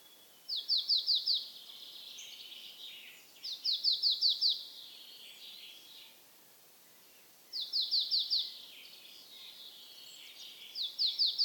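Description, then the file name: Marsh tit calls: four bursts of rapid, high, slurred notes, each run of four or five delivered quickly, spaced a few seconds apart over steady background hiss. "Poecile palustris"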